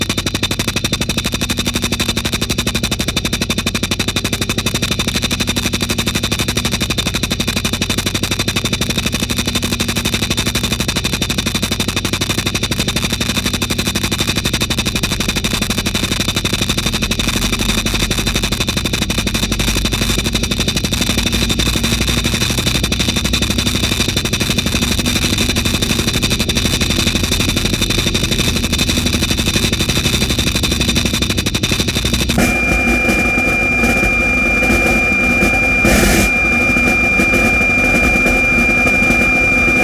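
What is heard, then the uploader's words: Metal film tins full of nails, tacks and ball bearings rattle hard on top of speakers, a dense, rapid, machine-like clatter under sustained synth tones and low feedback hum. Around 32 seconds the tones shift abruptly, with a sharp burst near 36 seconds. Film tins filled with objects including nails, tacks, ball bearings and other miscellaneous objects. The film tins were then equipped with piezo microphones plugged into amps then placed atop upward facing speakers. Field recordings, synth tones and feedback were then mixed into the speakers with the film tins on top.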